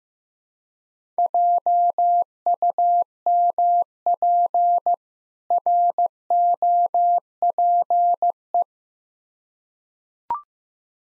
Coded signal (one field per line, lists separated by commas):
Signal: Morse code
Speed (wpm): 15 wpm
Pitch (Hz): 700 Hz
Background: none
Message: JUMP ROPE